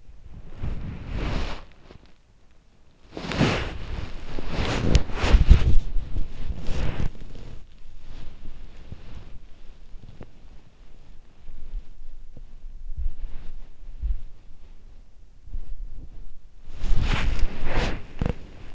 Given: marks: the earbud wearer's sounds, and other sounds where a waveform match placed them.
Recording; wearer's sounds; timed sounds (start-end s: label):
sounds in sleep by an in-ear microphone; body movement
0.00-18.74 s: body movement